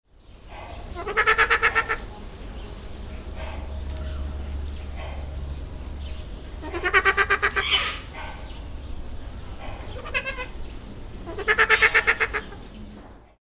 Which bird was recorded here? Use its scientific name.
Bycanistes bucinator